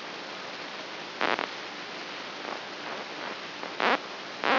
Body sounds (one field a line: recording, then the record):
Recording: brain microelectrode recording played as sound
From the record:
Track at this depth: inside the subthalamic nucleus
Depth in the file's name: 2.722 mm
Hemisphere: right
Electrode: 3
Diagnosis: Parkinson's disease